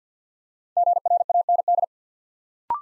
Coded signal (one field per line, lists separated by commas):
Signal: Morse code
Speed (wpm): 50 wpm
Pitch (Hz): 700 Hz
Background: none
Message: GRAND